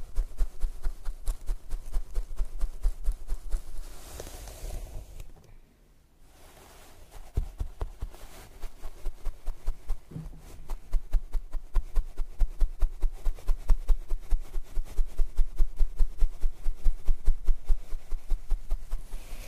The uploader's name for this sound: Scalp Massage & Hair Brushing